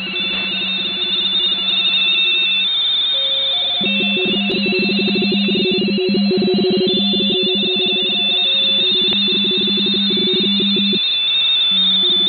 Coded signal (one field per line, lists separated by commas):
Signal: RTTY